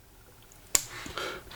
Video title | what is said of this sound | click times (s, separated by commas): Visconti Opera Crystal Dark Age Review | press this down until you feel the audible click and | 0.8 s